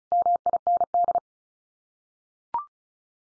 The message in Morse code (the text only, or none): MIND